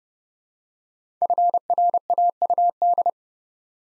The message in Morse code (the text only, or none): FRAUD